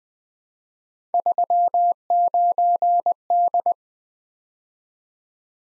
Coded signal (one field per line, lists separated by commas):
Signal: Morse code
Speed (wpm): 20 wpm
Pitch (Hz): 700 Hz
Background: none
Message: 39D